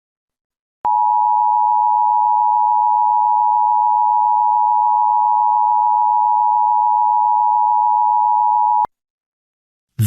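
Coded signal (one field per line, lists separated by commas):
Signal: Emergency Alert System (SAME) tones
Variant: 853 and 960 Hz attention tone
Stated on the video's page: National Periodic Test as aired on a television station, recorded by another person.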